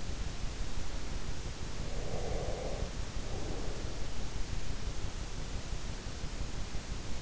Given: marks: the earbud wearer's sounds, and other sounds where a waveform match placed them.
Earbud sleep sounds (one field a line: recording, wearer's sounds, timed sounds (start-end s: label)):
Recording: sounds in sleep by an in-ear microphone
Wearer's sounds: breath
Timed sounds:
1.81-4.01 s: breath